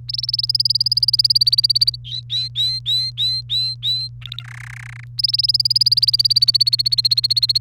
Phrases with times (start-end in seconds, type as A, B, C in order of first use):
0.08-1.96 A, 2.04-4.08 B, 4.21-4.43 C, 4.44-5.04 D, 5.18-7.60 A